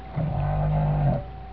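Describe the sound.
Whale giving a low, steady tonal moan lasting about a second, nearly flat in pitch, over low background rumble.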